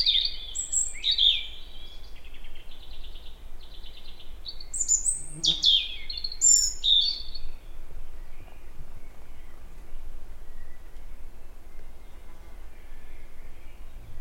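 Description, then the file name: European robin delivering a burst of high, liquid warbles and quick trills for several seconds, then falling nearly silent apart from faint background hiss. "Erithacus rubecula"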